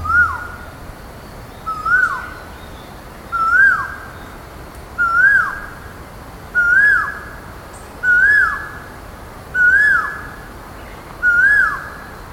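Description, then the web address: Grosbeak call: a clear whistled note that rises then drops, repeated eight times about every one and a half seconds. Recorded 26 May 2019, around 17:01. "grosbeak 20190526170151"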